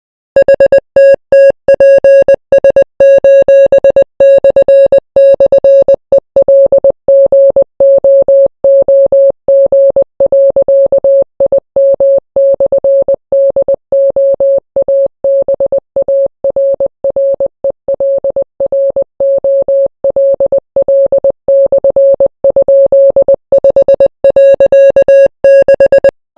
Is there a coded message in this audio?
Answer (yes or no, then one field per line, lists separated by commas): yes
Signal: Morse code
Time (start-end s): 0.4-26.1 s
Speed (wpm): 20 wpm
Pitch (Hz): 550 Hz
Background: music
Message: HTTPS://ELGOOG.IM/DOABARRELROLL/?5.6